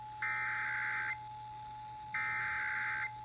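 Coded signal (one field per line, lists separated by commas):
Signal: Emergency Alert System (SAME) tones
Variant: header bursts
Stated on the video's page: Pennsylvania Required Monthly Test heard on FM broadcast radio stations.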